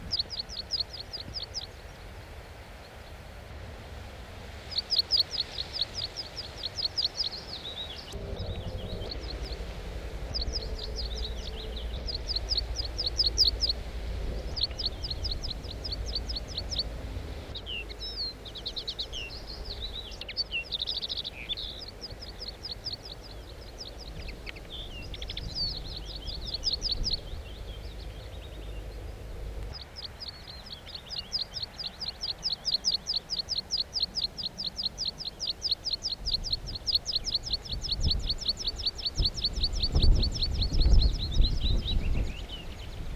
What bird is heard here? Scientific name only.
Anthus pratensis